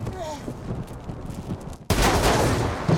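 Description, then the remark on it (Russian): Gunshots from a film scene in which someone shoots at John: after a quieter, murky stretch, a sudden loud burst of gunfire erupts and keeps roaring as a dense, harsh barrage, with another sharp crack near the end. “Джона стреляют.”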